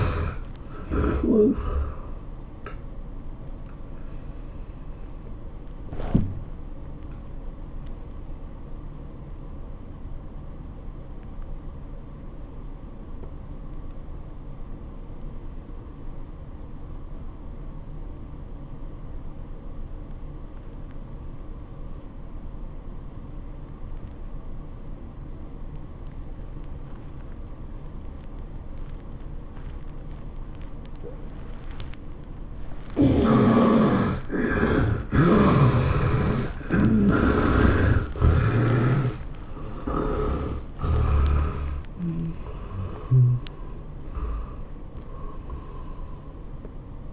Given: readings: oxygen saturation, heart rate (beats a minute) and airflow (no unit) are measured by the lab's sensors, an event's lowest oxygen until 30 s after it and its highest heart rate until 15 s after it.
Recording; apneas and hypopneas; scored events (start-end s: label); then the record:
breathing in sleep by a smartphone at the bedside; 1
14.00-44.00 s: new sleep stage, N2 (light sleep)
15.00-33.10 s: obstructive apnea (N2, oxygen 95% highest, then 69% lowest, heart rate 80 at the start, 105 highest)
44.00-47.13 s: new sleep stage, N1 (lightest sleep)
From the record:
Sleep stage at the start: N1 (lightest sleep); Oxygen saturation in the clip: 71 to 95%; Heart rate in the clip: 75 to 105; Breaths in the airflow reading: 8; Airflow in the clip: -13.8 to 11.8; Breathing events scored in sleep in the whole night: 403 in 5.5 hours asleep